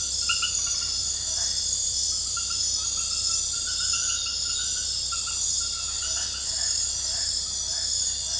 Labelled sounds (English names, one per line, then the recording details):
none
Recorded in dense forest near Puerto Asís, Putumayo, Colombia, on 18 February 2024 at 23:30
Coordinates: 0.487, -76.319
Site G6403